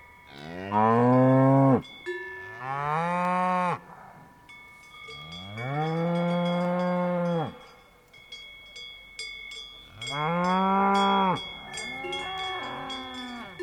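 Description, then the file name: Cow giving several long, drawn-out moos with short gaps, while cowbells clink in the background. Cows wearing cowbells. "Vaches Cloches"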